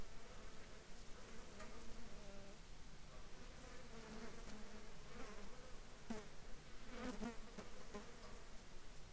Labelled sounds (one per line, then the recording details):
insects
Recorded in the Arctic National Wildlife Refuge, Alaska, on 6 July 2021 at 13:22
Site 42